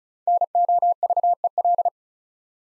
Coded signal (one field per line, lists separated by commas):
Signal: Morse code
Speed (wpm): 36 wpm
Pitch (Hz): 700 Hz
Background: none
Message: NOVEL